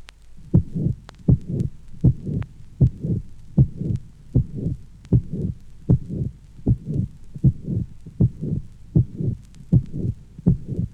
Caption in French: Capté à la pointe, le plus banal des souffles extracardiaques, facile à reconnaître par son temps télésystolique.